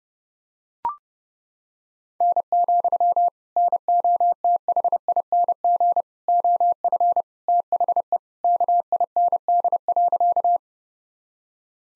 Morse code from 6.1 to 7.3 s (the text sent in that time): OF